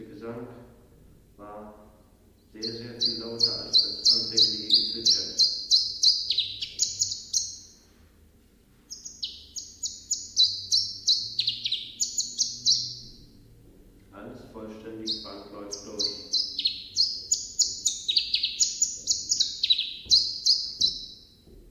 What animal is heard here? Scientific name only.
Phylloscopus collybita